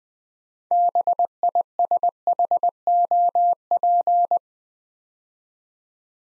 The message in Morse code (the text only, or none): BISHOP